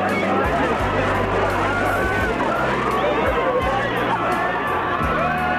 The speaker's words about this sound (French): Écoutez les cris de la foule quand le cercueil de Claude François est sorti de l'église d'Auteuil